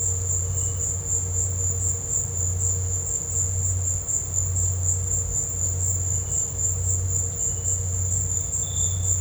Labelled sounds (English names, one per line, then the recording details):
none
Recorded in dense forest near Puerto Asís, Putumayo, Colombia, on 19 March 2025 at 14:30
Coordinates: 0.468, -76.322
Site GP01